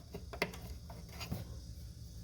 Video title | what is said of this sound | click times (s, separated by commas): Samsung Washing Machine spider gear replacement | snap into place let's see this one will go on there | 0.4 s